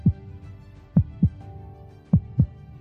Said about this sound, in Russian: Площадь замерла, и в этой внезапной тишине я отчетливо услышал, как у меня в висках стучит кровь.